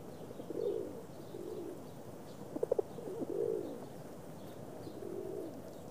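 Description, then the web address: Pigeon cooing, soft low rolling coos repeated several times, with one short sharp tapping burst near the middle. Cooing and wing flapping of several pigeons in the street. "rulido y aleteo de palomas en la calle"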